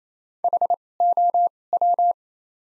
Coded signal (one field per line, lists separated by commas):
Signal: Morse code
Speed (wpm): 28 wpm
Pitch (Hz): 700 Hz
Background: none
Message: H O W